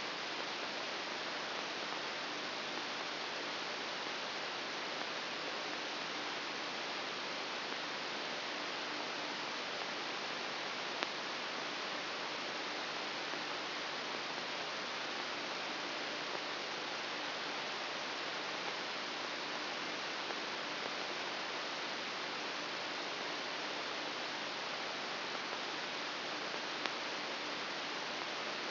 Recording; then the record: brain microelectrode recording played as sound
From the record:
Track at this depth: inside the subthalamic nucleus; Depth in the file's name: 0.409 mm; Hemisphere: right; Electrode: 3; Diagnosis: Parkinson's disease